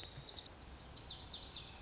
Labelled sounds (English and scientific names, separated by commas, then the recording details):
Lazuli Bunting (Passerina amoena)
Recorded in Sonoma County, California